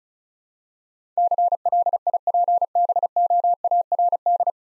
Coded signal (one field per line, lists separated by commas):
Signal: Morse code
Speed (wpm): 36 wpm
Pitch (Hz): 700 Hz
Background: none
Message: CLIPBOARD